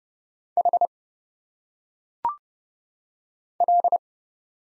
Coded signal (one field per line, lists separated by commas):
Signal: Morse code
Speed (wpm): 30 wpm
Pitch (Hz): 700 Hz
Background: none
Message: H L